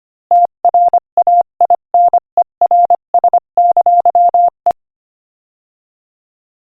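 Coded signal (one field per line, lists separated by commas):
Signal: Morse code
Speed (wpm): 24 wpm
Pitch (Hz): 700 Hz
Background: none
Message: TRAINERS! E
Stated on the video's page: Morse practice clip at 25 wpm.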